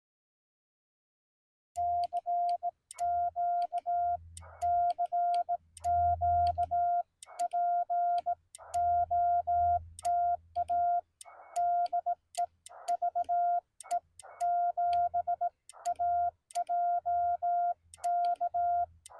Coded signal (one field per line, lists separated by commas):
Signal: Morse code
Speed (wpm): 17 wpm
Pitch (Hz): 700 Hz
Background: none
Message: CQ CQ POTA DE VE7AJK